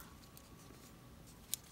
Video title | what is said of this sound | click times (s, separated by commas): Bepuzzled 3D Crystal Puzzle- Pink Diamond- Tutorial Version | it makes a click once it's tight enough | 1.5 s